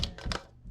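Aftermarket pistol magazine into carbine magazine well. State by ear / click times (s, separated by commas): not seated / none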